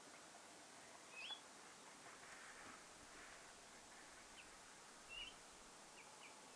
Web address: 1 8 2026 nuori pajulintu lintutornin vierella